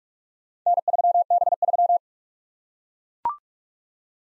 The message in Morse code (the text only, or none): N3B3